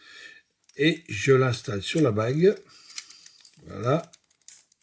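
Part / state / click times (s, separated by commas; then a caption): camera lens into lens mount adapter ring / seated / 4.5 s. A camera lens is fitted onto a metal PHOLSY manual lens adapter ring for Canon EF (EF-S) lenses and twisted until its bayonet latches into the mount. Someone talks, then a small sharp click is heard at 4.5 s, with faint light ticks just before and after it. The lens is seated in the adapter ring.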